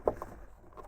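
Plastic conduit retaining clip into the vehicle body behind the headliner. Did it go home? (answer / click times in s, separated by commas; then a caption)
no / none. The top plastic retaining clip on a wire conduit is pressed toward its hole in the vehicle body under the rear headliner of a Honda Prologue (and Chevy Blazer EV) during a dash cam install. Soft handling taps sound at about 0.1 s, 0.2 s and 0.8 s over a quiet background. Nothing has clicked or seated yet.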